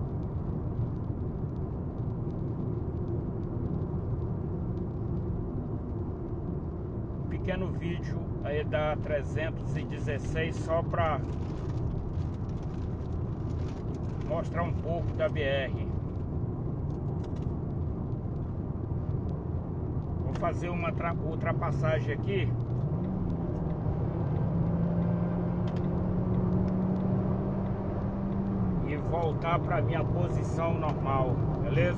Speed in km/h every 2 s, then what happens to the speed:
88, 86, 84, 84, 88, 91, 88, 87, 88, 91, 94, 98, 108, 117, 122, 124.
0-17 steady at about 88. 17-32 speeds up to 124.